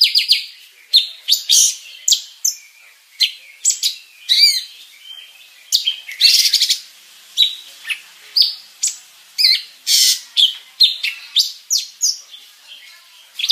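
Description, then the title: Greater green leafbird song: a rapid, dense stream of sharp chirps and short high whistles, in quick bursts with brief gaps. Champion bird singing a complete 'isian' song while spreading its wings. "Burung Cucak Ijo Juara Dunia Suara Isian Komplit Kibarkan Sayap"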